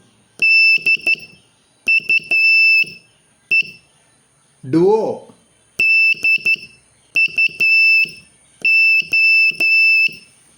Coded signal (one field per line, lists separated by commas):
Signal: Morse code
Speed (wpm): 12 wpm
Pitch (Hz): 2650 Hz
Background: speech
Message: DUE DUO